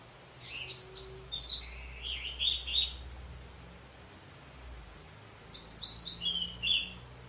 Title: Anis Merah